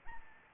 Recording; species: mosquito wingbeat signal from an infrared sensor; Anopheles gambiae